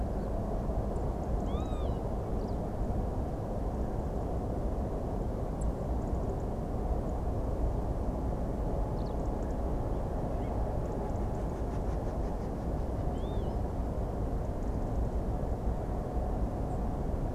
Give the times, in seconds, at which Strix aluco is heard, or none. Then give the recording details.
10.40-10.52. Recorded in France